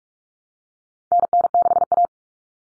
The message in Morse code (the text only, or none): NN6A